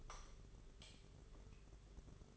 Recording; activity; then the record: daily activity, microphone in the room; light off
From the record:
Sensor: 4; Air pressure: 991.8 hPa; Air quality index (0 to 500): 98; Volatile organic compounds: 11 ppm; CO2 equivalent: 2300 ppm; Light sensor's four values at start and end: 9/25/9/11 and 7/16/6/6